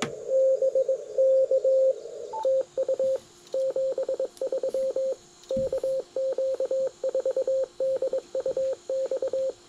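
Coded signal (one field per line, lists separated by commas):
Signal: Morse code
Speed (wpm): 21 wpm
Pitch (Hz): 530 Hz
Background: radio noise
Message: BK TU 73 KQ4DUX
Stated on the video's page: Park activation on a simple wire vertical antenna for 40m, 15m and 6m, with a tuner.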